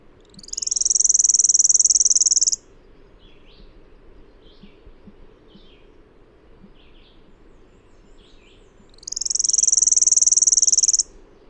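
Bird song of high, buzzy pulsed trills, two bursts about two seconds long, with faint short chirps in the gap between.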